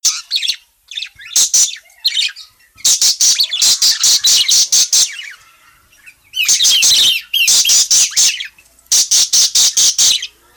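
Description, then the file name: Parakeet calls: rapid series of harsh, high squawky notes delivered in clustered bursts separated by brief pauses. Calling parakeet, described as gacor (in full, persistent voice). "suara burung parkit gacor memanggil"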